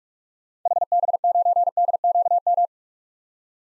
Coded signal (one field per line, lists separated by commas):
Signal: Morse code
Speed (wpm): 46 wpm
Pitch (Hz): 700 Hz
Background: none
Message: HB9DQM